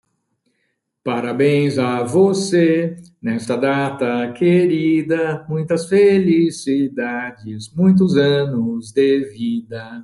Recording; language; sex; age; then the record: short text; Brazilian Portuguese; male; 50 to 59 years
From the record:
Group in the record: control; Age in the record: 59 years